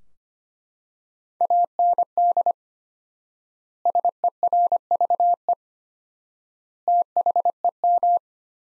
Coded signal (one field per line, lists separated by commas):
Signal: Morse code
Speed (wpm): 25 wpm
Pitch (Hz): 700 Hz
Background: none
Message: AND SERVE THEM